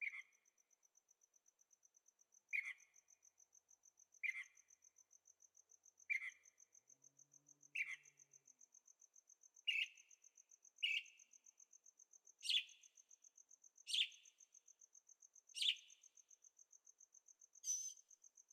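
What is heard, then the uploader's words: Birds calling at night: a short, sharp call repeats about every one and a half to two seconds, growing slightly louder toward the end. Behind it runs a steady, high, rapidly pulsing insect-like trill, and a faint low engine hum passes briefly around the middle. Birds at Night, Carefree Arizona. Birds singing with the occasional motorcycle in the distance. Recording made with Zoom H6, Stereo Microphones.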